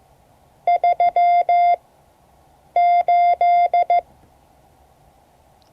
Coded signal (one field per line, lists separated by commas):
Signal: Morse code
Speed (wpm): 15 wpm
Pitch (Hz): 690 Hz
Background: none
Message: 3 8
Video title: Morse code class 2024-07-25 (3 of 12)